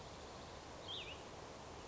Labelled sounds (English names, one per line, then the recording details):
Cassin's Vireo
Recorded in Sonoma County, California